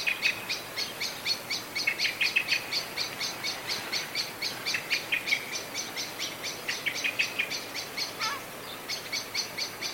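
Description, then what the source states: Blackbird alarm calls: rapid, sharp chinking notes repeated about twice a second in long runs, with a brief downward-slurred note near the end and steady background hiss. Blackbird calling in a state of anxiety.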